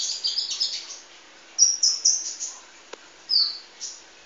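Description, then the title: Oriental magpie-robin giving short bursts of high whistled and slurred notes, a quick opening phrase, then a brighter whistled series and a single drawn-out note, with one faint click. "Kicau Kacer"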